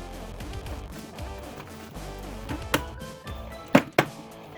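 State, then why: Seated. Matching plastic side pieces are pressed into both sides of a toy starship model, the Razor Crest (HasLab Exclusive 2022) from The Mandalorian, while music plays underneath. Sharp clicks are heard at 2.7 s and 4.0 s as both pieces seat into place, with another knock at 3.8 s in between.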